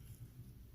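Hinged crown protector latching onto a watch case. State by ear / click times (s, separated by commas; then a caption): not seated / none. A hinged metal crown protector on the large case of an Invicta 33408 Grand Subaqua Noma III dive watch is handled as it is being closed, with only faint low rumbling and soft handling noise heard. The protector has not clicked or latched shut yet.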